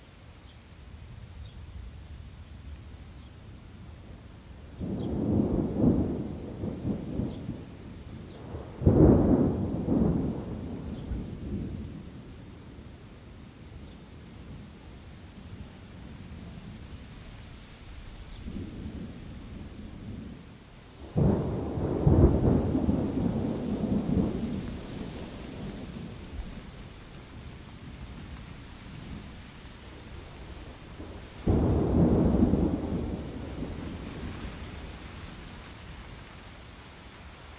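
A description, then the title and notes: Thunder rolls through a steady rain, with deep rumbling peals near 5, 9, 21 and 32 seconds, the loudest ones cracking sharply before fading into long, low rumbles. Between them a soft, even hiss of rainfall carries on, with quieter grumbles. Thunderstorm sounds, thunder sounds, rain sounds. Stormy weather sounds, peaceful rain noises.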